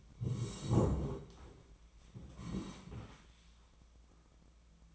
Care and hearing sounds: daily activity, microphone in the room; sit down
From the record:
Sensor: 1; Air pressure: 1012.3 hPa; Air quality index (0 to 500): 171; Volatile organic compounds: 3 ppm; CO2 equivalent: 1403 ppm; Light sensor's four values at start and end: 45/122/50/61 and 45/121/50/60

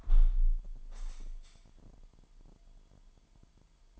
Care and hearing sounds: daily activity, microphone in the room; close window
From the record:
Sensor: 5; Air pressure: 998.1 hPa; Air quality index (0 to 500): 96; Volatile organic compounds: 2 ppm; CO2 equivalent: 1093 ppm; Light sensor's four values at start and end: 25/60/25/27 and 25/60/25/27

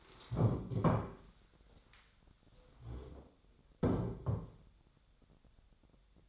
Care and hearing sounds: daily activity, microphone in the room; stand up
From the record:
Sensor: 3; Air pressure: 1015.2 hPa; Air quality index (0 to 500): 181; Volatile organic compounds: 17 ppm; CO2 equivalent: 2598 ppm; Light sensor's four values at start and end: 15/38/15/16 and 14/34/14/15

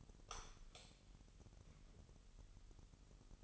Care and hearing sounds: daily activity, microphone in the room; light on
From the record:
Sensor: 4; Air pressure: 989.2 hPa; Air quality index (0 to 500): 220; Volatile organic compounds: 75 ppm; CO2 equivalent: 3567 ppm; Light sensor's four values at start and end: 25/80/30/30 and 27/92/34/36

